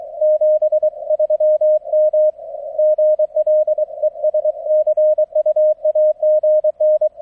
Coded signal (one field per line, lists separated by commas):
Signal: Morse code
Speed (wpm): 23 wpm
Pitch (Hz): 620 Hz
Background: none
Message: 73 M GL ES CUAGN